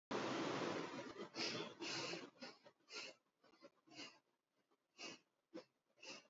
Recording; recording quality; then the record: deep breathing; excellent, no background noise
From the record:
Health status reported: exposed to COVID-19, no respiratory illness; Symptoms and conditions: none ticked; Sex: female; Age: 22 years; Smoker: not ticked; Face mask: worn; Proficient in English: yes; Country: India